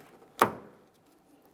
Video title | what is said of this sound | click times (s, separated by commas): How to Replace Trunk Lid Lift Supports 2008-2017 Mitsubishi Lancer | After your audible click, we'll give it a tug. | 0.4 s